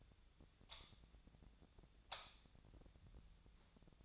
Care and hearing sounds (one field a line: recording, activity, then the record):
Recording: daily activity, microphone in the room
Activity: light on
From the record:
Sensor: 3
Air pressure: 1009.8 hPa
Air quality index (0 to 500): 190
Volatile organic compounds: 14 ppm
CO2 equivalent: 2476 ppm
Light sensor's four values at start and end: 39/97/42/45 and 45/118/50/52